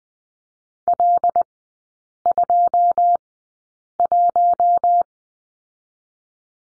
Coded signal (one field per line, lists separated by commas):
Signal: Morse code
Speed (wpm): 20 wpm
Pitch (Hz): 700 Hz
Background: none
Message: L21